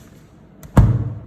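An old, hard-to-close window sash is pressed shut on one side and snaps into place in its frame with a sharp, low thump at 0.8 s, preceded by a faint tick at 0.6 s. The thud rings briefly in the low end before fading, while the other side of the sash is still flexing.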